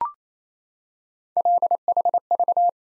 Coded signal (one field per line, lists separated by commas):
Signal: Morse code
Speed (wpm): 27 wpm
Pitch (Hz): 700 Hz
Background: none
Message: LHV